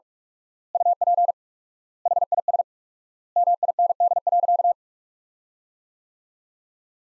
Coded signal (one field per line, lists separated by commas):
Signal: Morse code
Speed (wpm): 42 wpm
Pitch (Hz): 700 Hz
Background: none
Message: UP HIS MIND.